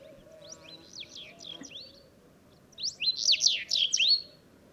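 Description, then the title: Sahara bunting singing: a fainter phrase of quick descending and rising notes, then a louder, fuller burst of sweeping high notes. Several birds singing at sunrise, unseen among stone rubble in the ruins of an old town, Wadan, Mauritania, 23 February 2019; recorded with a Telinga parabola and MixPre-3 recorder. "Bruant du Sahara - Mauritanie"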